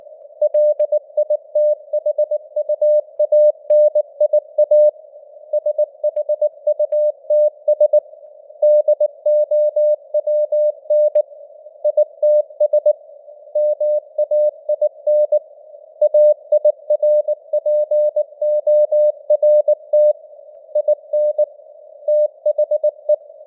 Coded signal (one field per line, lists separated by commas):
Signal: Morse code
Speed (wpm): 18 wpm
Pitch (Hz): 600 Hz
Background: none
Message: LITHUANIA SHUTS DOWN ITS MAIN AIRPORT IN THE